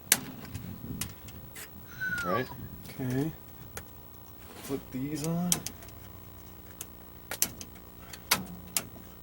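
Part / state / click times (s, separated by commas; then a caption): battery pack onto its mount or tool / seated / 8.8 s. A battery pack is fitted onto its mount during an outdoor cabinet build. Someone talks as a series of sharp knocks and clicks sounds out, and the battery clicks on and seats at 8.8 s.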